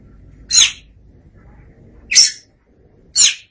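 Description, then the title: Oriental magpie-robin uttering three sharp high notes at irregular intervals over low background hum. Long-duration birdsong. "Suara Kicauan Burung Kacer Durasi Panjang"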